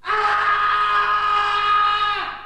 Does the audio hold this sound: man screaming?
yes